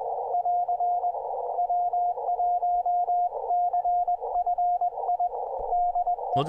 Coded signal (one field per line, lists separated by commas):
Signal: Morse code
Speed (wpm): 20 wpm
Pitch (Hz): 710 Hz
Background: radio noise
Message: <AR> W1CFI DE